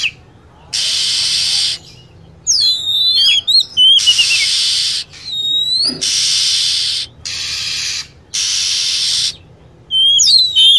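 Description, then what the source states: Lovebird sounds: repeated blocks of rasping, hissy screeching separated by brief pauses, with quick descending chirps in between. Lure sound used for attracting lovebirds.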